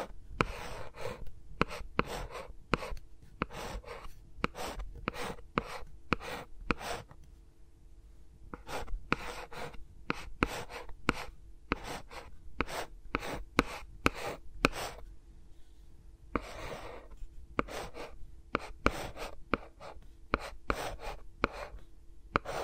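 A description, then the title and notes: ASMR sounds of fingers moving against the microphones, with no talking. Sharp, crisp taps and scratchy rubbing come in irregular bursts, sometimes rapid, with brief quieter pauses near eight and fourteen seconds. A faint steady hum sits underneath throughout. ASMR with Mics Around My Fingers (No Talking).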